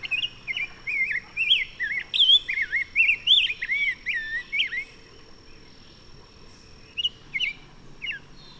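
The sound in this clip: Bird song: a five-second phrase of varied, looping whistled notes, then a pause and a few scattered whistles near the end, over a steady high thin tone.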